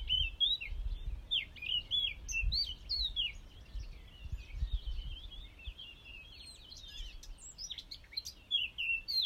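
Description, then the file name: Eurasian blackcap song, an unbroken stream of rapid twittering and warbled notes, with some low rumbling noise underneath. "Sylvia atricapilla"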